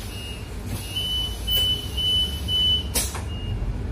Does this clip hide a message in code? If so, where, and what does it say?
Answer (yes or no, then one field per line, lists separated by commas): no